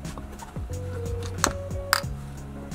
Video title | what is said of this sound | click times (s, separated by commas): Jeep Compass LED Interior How To Install - 2nd Gen - 2017+ | once those tabs are in place just apply a little bit of pressure on the bottom tabs until those lock into place so | 1.4 s, 1.9 s